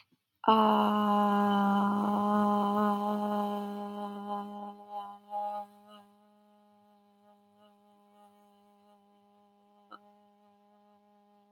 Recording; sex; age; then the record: vowel held as long as possible; female; 30 to 39 years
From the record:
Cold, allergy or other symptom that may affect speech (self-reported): no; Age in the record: 34 years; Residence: California, United States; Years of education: 16